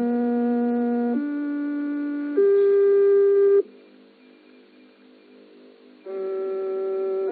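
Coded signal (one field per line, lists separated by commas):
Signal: numbers station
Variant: G08 interval signal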